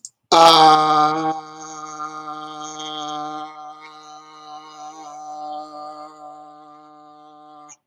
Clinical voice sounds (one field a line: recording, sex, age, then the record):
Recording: vowel held as long as possible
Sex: male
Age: 30 to 39 years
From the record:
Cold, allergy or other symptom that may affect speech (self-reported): no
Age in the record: 39 years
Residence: New Jersey, United States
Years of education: 16